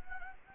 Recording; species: mosquito wingbeat signal from an infrared sensor; Anopheles gambiae